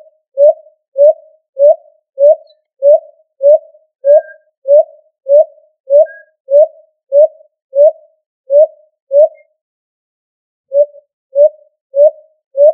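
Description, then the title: Pigeon cooing: short hollow low notes repeated steadily about every 0.6 seconds, a brief pause, then the same series resumes. "LuckyFamilia ColumbidaePombaSama"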